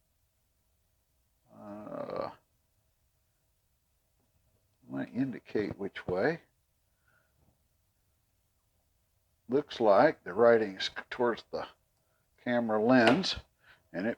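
A memory card is lined up with the card slot of a Portocam solar-powered PTZ security camera while its orientation is checked, with the writing facing toward the camera lens. Someone talks in short bursts separated by quiet gaps. Nothing has been pushed in or clicked yet.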